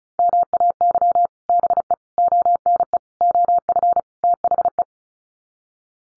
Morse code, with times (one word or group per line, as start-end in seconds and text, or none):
0.2-1.3 MAY
1.5-1.9 BE
2.2-3.0 ONE
3.2-4.0 OF
4.2-4.8 THE